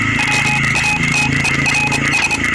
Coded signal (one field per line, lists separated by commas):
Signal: Morse code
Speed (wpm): 26 wpm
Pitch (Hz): 2500 Hz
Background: none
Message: WATERS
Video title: MILITARY MORSE CODE AND SEAMAN SIGNAL ON VESSEL